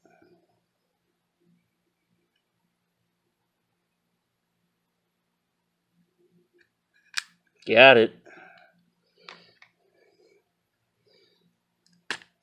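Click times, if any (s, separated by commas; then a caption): none. A take-down pin with its detent and spring is handled at the receiver of a Bushmaster AR-15 rifle. Scattered short clicks and taps are heard while someone talks briefly. The pin has not yet seated or locked into place by the end.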